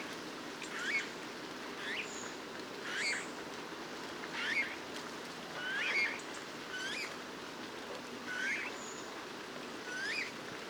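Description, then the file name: Eurasian bullfinch calling: soft, curved whistled notes given singly every one to two seconds, with faint higher sounds and a constant rushing background. "Pyrrhula pyrrhula"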